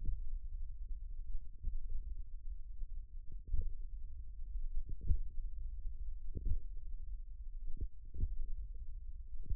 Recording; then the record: forearm muscle sounds (acoustic myography)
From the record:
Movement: finger pinch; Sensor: system 1, eight BSWA MPA416 microphones around the upper forearm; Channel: 6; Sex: female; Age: 21 years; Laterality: right